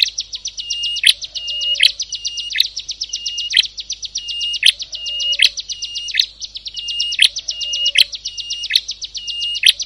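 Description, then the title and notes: Prinia song: a fast, high, ticking trill with frequent loud, sharp chips. Compilation of ciblek and prenjak birdsong intended for masteran, tutoring captive songbirds. "Kompilasi Suara Ciblek Prenjak Cocok Untuk Masteran. Kicau Burung Prenjak Ciblek"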